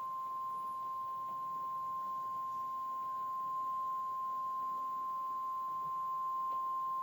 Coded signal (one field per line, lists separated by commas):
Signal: Emergency Alert System (SAME) tones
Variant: 1050 Hz attention tone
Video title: emergency alert system tornado warning